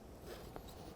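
A fog light assembly for a 2004-2006 Scion xB is handled and lined up against the bumper cover's mounting holes before being pressed up and in. Soft, steady rustling handling noise runs throughout, with one brief sharp tap at 0.6 s. Nothing has seated or clicked into place yet.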